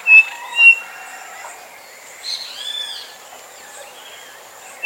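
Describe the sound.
Bird calls: two short loud notes at the start, then faint arched warbling notes and a thin steady high whistle over background hiss.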